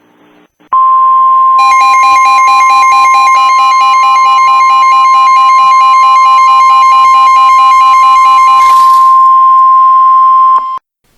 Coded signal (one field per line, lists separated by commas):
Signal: Emergency Alert System (SAME) tones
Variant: 1050 Hz attention tone